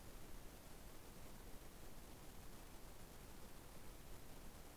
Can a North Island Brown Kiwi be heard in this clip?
no